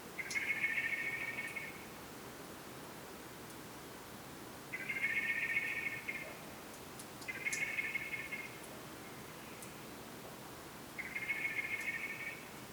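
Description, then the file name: Common blackbird repeating rapid pulsed rattles, four bursts each over a second long at uneven intervals, with light clicks scattered through. "Turdus merula"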